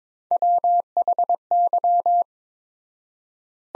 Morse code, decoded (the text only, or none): WHY